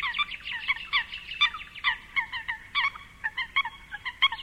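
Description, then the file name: Eurasian coot giving a rapid series of short nasal, honking calls, irregularly spaced with brief pauses. "De Meerkoet"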